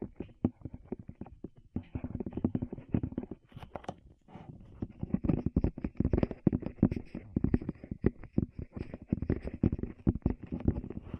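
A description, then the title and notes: Rapid, dense tapping on the ears, muffled and thumpy, runs almost continuously except for a brief sparse lull around the four-second mark. ASMR Tap Your Ears 3Dio (No Talking).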